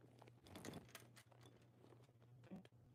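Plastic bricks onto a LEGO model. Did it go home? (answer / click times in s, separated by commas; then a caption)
yes / 0.5 s, 0.6 s, 0.7 s, 1.0 s. Plastic LEGO pieces are pushed by hand onto a LEGO model, giving a quick cluster of small press-fit clicks at about 0.5, 0.6, 0.7 and 1.0 seconds over a steady low hum, with one more faint tick near 2.7 seconds. The pieces end up seated, locked into place on the model.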